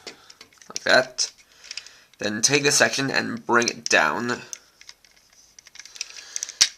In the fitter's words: so that it locks into place like that